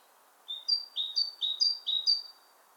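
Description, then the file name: Great tit song: a short run of four ringing two-note phrases, the first one softer. "Parus major"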